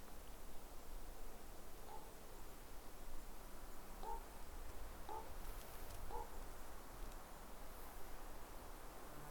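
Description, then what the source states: Common Raven soft cronk calls, four short notes spread through the middle, over steady low rumble and light wind hiss. Two ravens circling overhead and calling to each other, evening walk, Ox Mountains, County Mayo, Ireland, September; very soft calls; speaker thinks they nest there.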